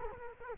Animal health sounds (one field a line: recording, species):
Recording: mosquito wingbeat signal from an infrared sensor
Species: Culex quinquefasciatus